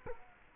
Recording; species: mosquito wingbeat signal from an infrared sensor; Culex quinquefasciatus